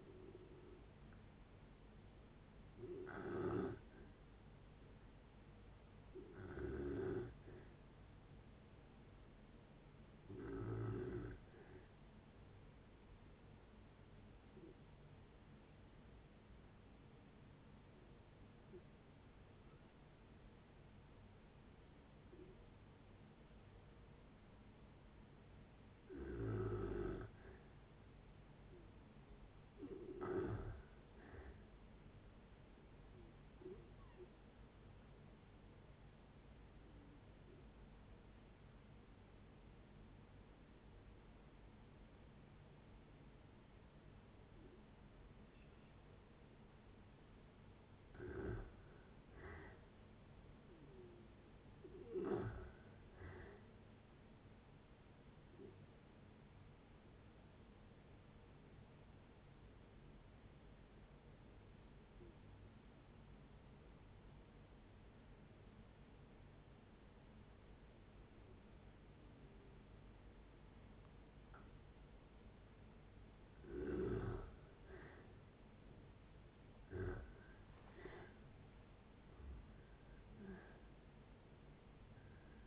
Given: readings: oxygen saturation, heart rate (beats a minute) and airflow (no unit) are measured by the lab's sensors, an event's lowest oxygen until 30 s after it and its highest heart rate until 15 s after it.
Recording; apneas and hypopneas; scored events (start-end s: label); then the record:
breathing in sleep by a voice recorder at the bedside; 3
3.00-27.10 s: hypopnea (N1, oxygen 96% highest, then 90% lowest, heart rate 74 at the start, 74 highest)
28.00-82.66 s: new sleep stage, N2 (light sleep)
33.00-51.00 s: hypopnea (N2, oxygen 95% highest, then 87% lowest, heart rate 59 at the start, 71 highest)
55.00-73.50 s: hypopnea (N2, oxygen 95% highest, then 83% lowest, heart rate 65 at the start, 81 highest)
From the record:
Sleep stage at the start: N1 (lightest sleep); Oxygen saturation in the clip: 81 to 97%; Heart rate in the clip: 56 to 81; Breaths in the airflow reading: 17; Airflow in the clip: -8.8 to 8.4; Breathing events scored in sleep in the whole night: 496 in 5.4 hours asleep